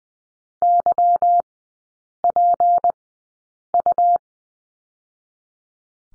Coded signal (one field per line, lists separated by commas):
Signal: Morse code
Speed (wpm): 20 wpm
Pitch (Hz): 700 Hz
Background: none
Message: YPU